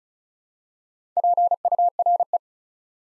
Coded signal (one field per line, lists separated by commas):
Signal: Morse code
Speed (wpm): 36 wpm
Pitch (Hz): 700 Hz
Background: none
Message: PURE